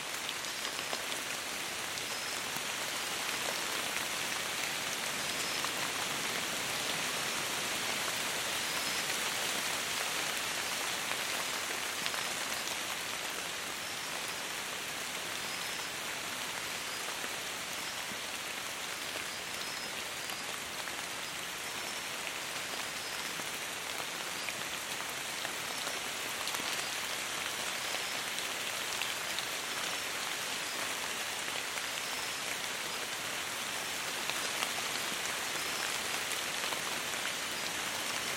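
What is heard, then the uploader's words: Steady jungle rain falls without pause, a dense, even hiss of countless drops striking leaves and ground. The sound is bright, with little low rumble. A faint thin tone, like insects, runs steadily underneath the whole time. Jungle rain - Rainforest soundscape. I've taped my microphones to the sides of a tree, slightly closer to each other on one side of the trunk. They're about 20cm apart, roughly the distance between human ears.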